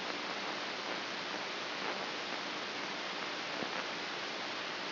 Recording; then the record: brain microelectrode recording played as sound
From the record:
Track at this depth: outside the subthalamic nucleus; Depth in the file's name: 4.622 mm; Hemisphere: left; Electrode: 3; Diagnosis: Parkinson's disease